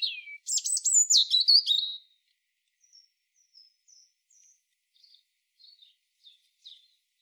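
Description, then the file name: European robin song: a loud two-second burst of high, thin whistles and fast twittering trills, then soft scattered high notes on a silent background. "Erithacus rubecula"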